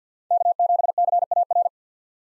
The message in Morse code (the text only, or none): K7CAR